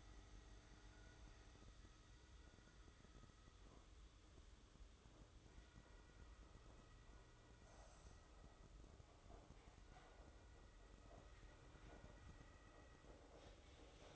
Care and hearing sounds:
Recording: daily activity, microphone in the room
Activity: make coffee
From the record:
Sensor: 3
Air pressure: 995.1 hPa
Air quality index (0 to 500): 71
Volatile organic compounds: 4 ppm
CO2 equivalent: 1640 ppm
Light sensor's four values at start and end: 17/50/21/18 and 17/50/21/18

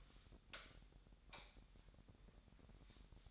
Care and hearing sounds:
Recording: daily activity, microphone in the room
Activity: light off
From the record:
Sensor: 3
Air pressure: 1011.9 hPa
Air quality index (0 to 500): 231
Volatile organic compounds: 5 ppm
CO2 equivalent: 1715 ppm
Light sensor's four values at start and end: 17/43/18/18 and 14/34/14/15

